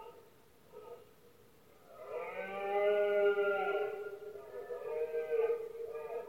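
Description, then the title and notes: Red deer bellow, a faint groan, then a loud sustained roar lasting about two seconds, followed by a shorter bellow. Powerful bellows of male red deer in the rutting season (berrea or brama), recorded at night in Spain; rut best heard at night when surroundings are quietest. "Paisaje sonoro: Berrea #04. berrea del ciervo. brama del ciervo. los poderosos bramidos de los ciervos machos"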